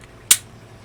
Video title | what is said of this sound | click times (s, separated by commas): My first ever unboxing video | And it does lock into place. | 0.3 s